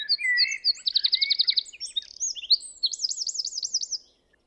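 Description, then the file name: Eurasian wren song, a rushed stream of high sharp notes with two fast trills, the last a rolling, wavering trill before it stops abruptly. "Troglodytes troglodytes"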